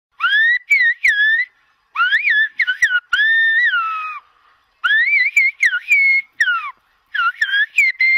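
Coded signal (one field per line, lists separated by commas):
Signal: whistled language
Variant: Silbo Gomero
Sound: loud human whistling with rising and falling pitch glides in speech-like phrases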